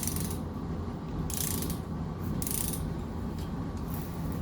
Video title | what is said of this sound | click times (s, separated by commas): Building the 1931 Harley-Davidson VL Part by Part- Complete the Head Installation - Episode 22 | that didn't click, but | none